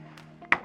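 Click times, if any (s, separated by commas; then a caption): 0.5 s. The bottom of a plastic LED shelf light channel is squeezed up with the palm of a hand into the shelf's pricing ID rail, with faint ticks near 0.2 and 0.5 seconds over a low hum. A sharp, loud snap comes at 0.5 seconds as the first several inches of the channel latch into place, seating it in the rail.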